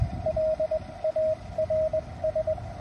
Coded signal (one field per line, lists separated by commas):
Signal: Morse code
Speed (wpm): 21 wpm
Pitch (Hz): 630 Hz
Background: radio noise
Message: LARS